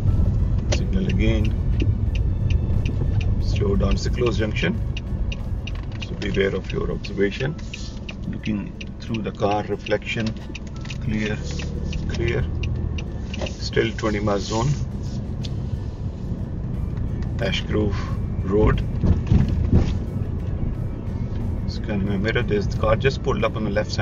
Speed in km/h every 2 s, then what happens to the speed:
11, 10, 5, 2, 0, 6, 13, 18, 21, 23, 23, 23.
0-6 slows to 2. 6-9 standing. 9-17 pulls away to 23. 17-24 steady at about 23.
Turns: 9-13.